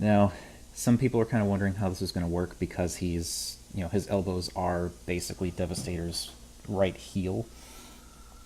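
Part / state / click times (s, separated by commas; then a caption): plastic elbow joint of a transforming robot toy snapping into its locked position / not seated / none. Someone talks while handling the plastic elbow joint of a Unite Warriors Devastator (UW-04) transforming combiner robot toy, the joint that forms the combined robot's heel and is meant to snap into its locked position. Only speech and faint handling sounds are heard, and nothing has clicked or seated yet.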